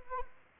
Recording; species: mosquito wingbeat signal from an infrared sensor; Anopheles arabiensis